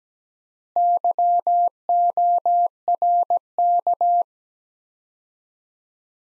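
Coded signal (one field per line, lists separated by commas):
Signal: Morse code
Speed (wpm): 17 wpm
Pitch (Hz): 700 Hz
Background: none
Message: YORK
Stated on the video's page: Morse code practice of two-word sets at 17 wpm with 4x word spacing, a Farnsworth-like method for head-copy.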